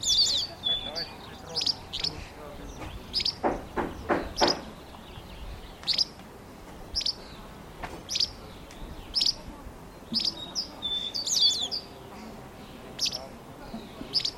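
Bird calls: steady series of high sharp chips about once a second, with twittering notes and a few lower knocking sounds partway through.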